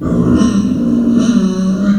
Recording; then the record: squeal of a Yucatan mini pig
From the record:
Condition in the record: after surgery on the right vocal fold (resection and tissue-engineered implant); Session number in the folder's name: 6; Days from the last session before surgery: 40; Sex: female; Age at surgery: 19 weeks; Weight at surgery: 25 kg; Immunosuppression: prednisolone